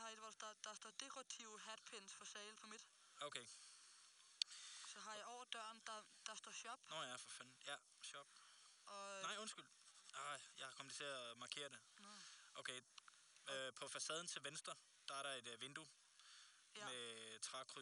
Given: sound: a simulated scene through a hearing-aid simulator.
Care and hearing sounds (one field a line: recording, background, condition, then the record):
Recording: conversation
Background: quiet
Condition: 75 dB SPL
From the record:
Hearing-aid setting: I (fast-acting compression, audibility-based gain)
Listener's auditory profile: C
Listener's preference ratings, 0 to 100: 72, 74, 99